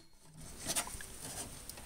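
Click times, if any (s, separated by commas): none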